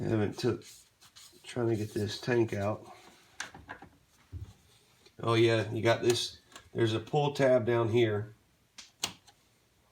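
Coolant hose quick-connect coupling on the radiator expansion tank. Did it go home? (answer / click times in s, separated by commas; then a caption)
released / 9.0 s. On a BMW 3 Series E46, the pull tab on the plastic quick-connect coupling of a coolant hose at the leaking radiator expansion tank is pulled to remove the tank, while someone talks. A few scrapes and knocks are heard, then a sharp click at 9.0 s. The click shows the coupling has released and is all the way out.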